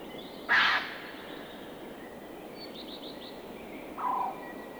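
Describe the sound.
Eurasian jay giving one harsh, rasping screech near the start, then a fainter, lower screech a few seconds later, with faint high chirps between.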